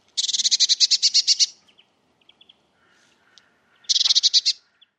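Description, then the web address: Eurasian blue tit giving a long rattling churr of rapid buzzy notes, then quieter thin calls and a second, shorter churring burst. "cianscape birddata Deverinetal 2025 File origin Bird Only Cy Ca"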